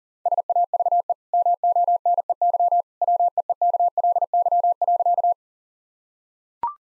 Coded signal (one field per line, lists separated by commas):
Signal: Morse code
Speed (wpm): 40 wpm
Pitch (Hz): 700 Hz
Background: none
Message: SAVE MONEY WEEKLY.